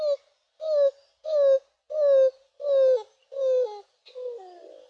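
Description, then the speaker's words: Greater Roadrunner cooing: a steady series of seven low, slightly falling dove-like coos, about one every two-thirds of a second, the last softer. Roadrunner of the Southwest giving an almost dove-like coo. "The queerest of the American cuckoos, the roadrunner of the Southwest, can give an almost dove-like coo."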